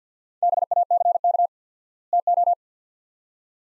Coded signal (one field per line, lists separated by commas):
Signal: Morse code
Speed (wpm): 49 wpm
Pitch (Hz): 700 Hz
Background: none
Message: BACK TO